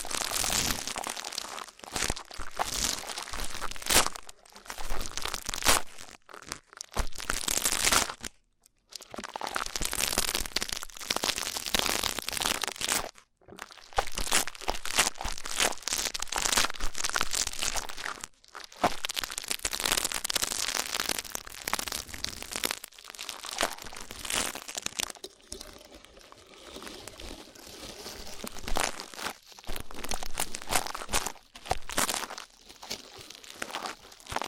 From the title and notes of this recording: ASMR Rough Ear Cleaning (No Talking).